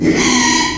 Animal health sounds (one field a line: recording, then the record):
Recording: squeal of a Yucatan mini pig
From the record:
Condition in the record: after surgery on the right vocal fold (resection and tissue-engineered implant)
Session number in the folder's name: 2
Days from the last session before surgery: 13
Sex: male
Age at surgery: 12 weeks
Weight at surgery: 13 kg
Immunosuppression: cyclosporine, prednisolone